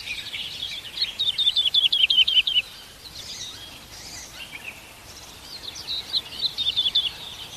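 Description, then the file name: Lark song with a fast, high, chattering phrase, a quieter rambling warble, then another rapid burst. "Bird Lark Sound"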